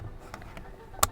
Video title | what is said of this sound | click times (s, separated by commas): Tesla’s Fatal Design Flaw & Why Every Owner Overlooked it | they just snap right back in there we go there we go | 1.0 s